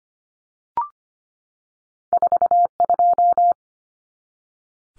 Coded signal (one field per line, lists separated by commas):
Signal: Morse code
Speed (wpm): 25 wpm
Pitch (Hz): 700 Hz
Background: none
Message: 42